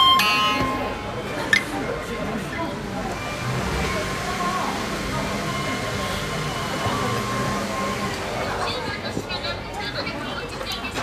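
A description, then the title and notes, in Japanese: Inside a sushi restaurant without a conveyor belt, voices overlap in steady, dense chatter throughout. A sharp knock or clink stands out near the start, and small clatters of dishes surface now and then beneath the murmur of the room. 無回転寿司屋。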